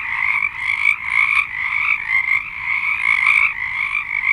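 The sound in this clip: Frogs in full chorus, a thick wall of trilling croaks without stopping.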